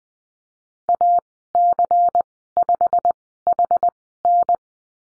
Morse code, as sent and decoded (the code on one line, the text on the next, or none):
.- -.-. ..... .... -.
AC5HN